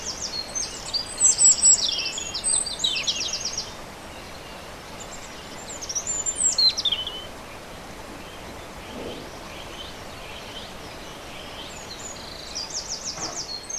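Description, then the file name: European robin song: a burst of high, tinkling, varied notes at the start, a shorter phrase midway and a faint trill near the end, with constant hiss. Recorded on 27 April 2011 with an MZ-N710 recorder. "rouge gorge 27 04 11"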